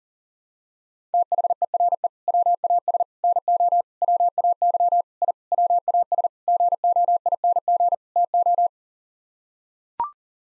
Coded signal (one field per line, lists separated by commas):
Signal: Morse code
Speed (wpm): 40 wpm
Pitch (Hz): 700 Hz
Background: none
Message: THERE WAS NO WAY I WAS GOING TO